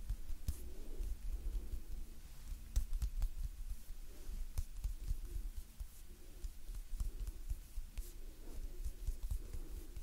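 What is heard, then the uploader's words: Gentle hand sounds and movements: soft rustling and brushing with frequent sharp clicks and taps scattered throughout, strongest around the third second. A low rumble stays underneath, and soft swelling sounds recur every second or so, like slow breaths. Gentle Hand Sounds Movements & Breathing.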